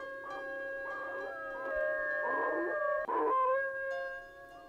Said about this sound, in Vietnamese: Thế nhưng sau biết bao nhiêu chuyện xảy ra, thêm nữa ngay tại giây phút này, tiếng con chó của nhà hàng xóm nó vẫn sủa, thỉnh thoảng nó chu lên ông ổng làm cho ông rùng mình.